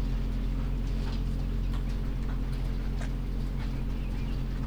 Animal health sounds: poultry house recording; sick chickens (respiratory disease)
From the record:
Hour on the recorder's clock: 1

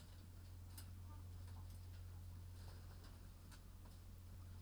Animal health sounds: poultry house recording; sick chickens (respiratory disease)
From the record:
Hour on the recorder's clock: 22

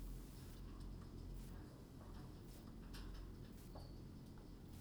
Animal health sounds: poultry house recording; no chicken sound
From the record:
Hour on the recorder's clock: 21

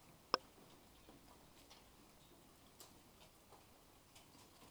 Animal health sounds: poultry house recording; healthy chickens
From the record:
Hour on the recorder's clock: 16

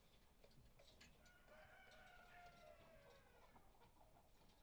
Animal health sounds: poultry house recording; healthy chickens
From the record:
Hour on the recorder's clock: 18

